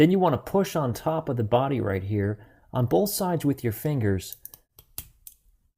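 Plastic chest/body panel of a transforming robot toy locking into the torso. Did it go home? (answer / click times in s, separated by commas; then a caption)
yes / 5.0 s. Someone talks while pressing down with their fingers on both sides of the top of the body of a plastic Transformers MP-17 Masterpiece Prowl transforming robot car figure. The plastic chest/body panel snaps into place in the torso with a sharp click at 5.0 s, followed by a few faint handling clicks.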